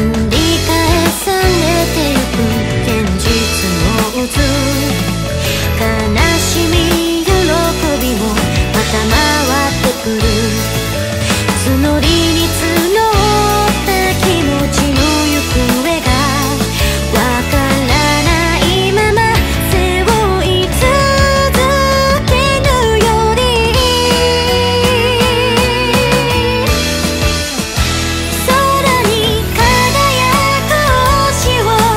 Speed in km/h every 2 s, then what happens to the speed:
0, 0, 0, 0, 0, 0, 0, 0, 0, 4, 16, 26, 38, 46, 51, 52.
0-17 standing. 17-32 pulls away to 52.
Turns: none.